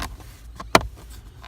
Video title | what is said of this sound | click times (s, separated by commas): How to Replace Your Cabin Air Filter - Tacoma | see, just pops right in. | 0.8 s